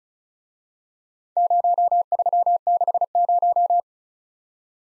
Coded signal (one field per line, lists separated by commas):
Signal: Morse code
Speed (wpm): 34 wpm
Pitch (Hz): 700 Hz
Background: none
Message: 0360